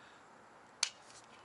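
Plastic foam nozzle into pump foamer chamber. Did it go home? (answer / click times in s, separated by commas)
yes / 0.8 s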